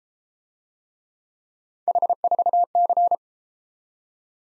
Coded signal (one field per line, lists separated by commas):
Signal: Morse code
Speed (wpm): 31 wpm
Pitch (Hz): 700 Hz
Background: none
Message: H4C